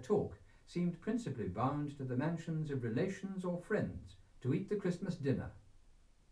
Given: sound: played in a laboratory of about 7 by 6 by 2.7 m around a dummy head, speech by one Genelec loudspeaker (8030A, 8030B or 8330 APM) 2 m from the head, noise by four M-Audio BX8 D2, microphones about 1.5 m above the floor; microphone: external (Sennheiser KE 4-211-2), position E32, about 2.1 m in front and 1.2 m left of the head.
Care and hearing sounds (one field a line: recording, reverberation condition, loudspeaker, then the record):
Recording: male speech in English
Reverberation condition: low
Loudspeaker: 120 degrees to the right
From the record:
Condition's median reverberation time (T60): about 310 ms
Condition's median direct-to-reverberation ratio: about 3.5 dB